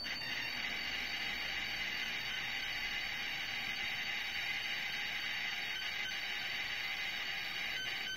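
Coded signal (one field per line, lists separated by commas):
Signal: computer data on cassette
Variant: SAM Coupé turbo loading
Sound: continuous harsh, buzzy data screech at steady loudness throughout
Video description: Sam Coupé core from McLeod Ideafix supports tape loading, so here it's the turbo loading.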